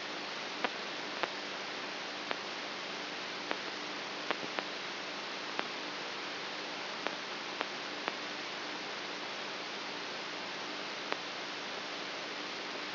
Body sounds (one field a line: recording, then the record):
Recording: brain microelectrode recording played as sound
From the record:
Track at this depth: outside the subthalamic nucleus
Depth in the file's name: 7.9 mm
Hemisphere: right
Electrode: 3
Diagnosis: Parkinson's disease